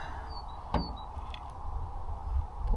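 After checking that the bore is clear, someone swings the barrel of a Bergara BA13 single-shot break-action rifle up toward its steel action. A sharp knock at about 0.7 s and a fainter tick at about 1.3 s stand out over a low, steady background. The clip ends before the barrel goes home, so nothing has seated or clicked shut yet.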